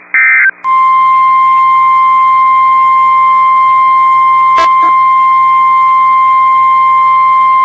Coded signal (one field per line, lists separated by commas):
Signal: Emergency Alert System (SAME) tones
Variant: 1050 Hz attention tone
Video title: When Chicago Was Getting Hit | EAS Alerts from 8/9/21 (EAS #617-624)